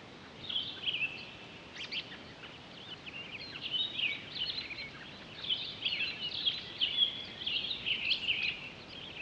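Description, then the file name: Townsend's solitaire song of high, jumbled, fast warbling notes, rising and falling in intensity throughout, over a steady faint hiss. Recorded 23 October 2011. "20111023 townsends-solitaire"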